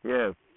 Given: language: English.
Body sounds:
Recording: throat vibration sensor signal played as sound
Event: speech

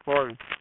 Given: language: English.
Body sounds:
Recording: throat vibration sensor signal played as sound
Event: speech

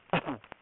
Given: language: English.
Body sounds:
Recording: throat vibration sensor signal played as sound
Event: cough

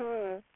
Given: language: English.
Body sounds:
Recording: throat vibration sensor signal played as sound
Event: speech

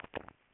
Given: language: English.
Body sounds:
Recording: throat vibration sensor signal played as sound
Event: swallow

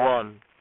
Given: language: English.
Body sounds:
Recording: throat vibration sensor signal played as sound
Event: speech

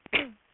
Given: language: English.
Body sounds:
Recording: throat vibration sensor signal played as sound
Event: cough

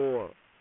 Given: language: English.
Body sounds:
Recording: throat vibration sensor signal played as sound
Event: speech

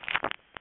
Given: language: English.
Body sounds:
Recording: throat vibration sensor signal played as sound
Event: swallow

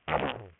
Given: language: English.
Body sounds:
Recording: throat vibration sensor signal played as sound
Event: throat clearing

